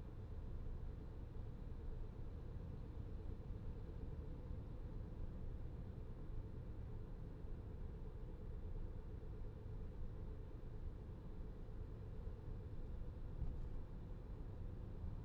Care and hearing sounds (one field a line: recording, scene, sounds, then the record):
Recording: everyday scene through a hearing-aid microphone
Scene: in a vehicle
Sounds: engine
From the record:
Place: VW T5 Caravelle, diesel engine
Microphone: in the ear canal, left